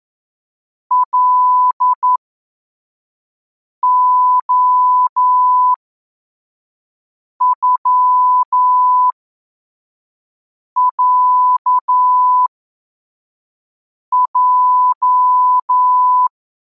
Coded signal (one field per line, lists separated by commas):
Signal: Morse code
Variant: Russian alphabet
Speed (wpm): 11 wpm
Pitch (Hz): 1000 Hz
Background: none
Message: ЛОЮЯЙ